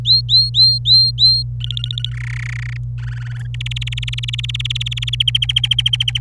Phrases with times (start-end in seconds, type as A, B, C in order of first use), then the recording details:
0.05-1.43 A, 1.60-2.10 B, 2.12-2.77 C, 2.98-3.47 D, 3.54-5.23 E, 5.27-6.19 F. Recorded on 26 April 2018 at 12:59. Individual llb3